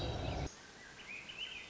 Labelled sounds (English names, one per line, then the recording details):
Swainson's Thrush
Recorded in Sonoma County, California